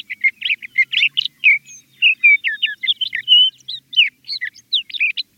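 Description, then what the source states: Sage thrasher singing a fast, nearly continuous medley of warbles, slurred whistles and chips. Male proclaiming his territory; song rings out every spring from tracts of sagebrush throughout the West, including the Great Basin region.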